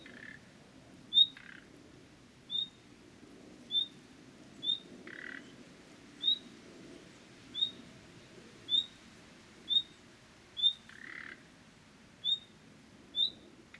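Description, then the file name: Common nightingale repeating a thin, high whistle, with occasional short grating buzzes between notes and a faint low hum throughout. "Luscinia megarhynchos"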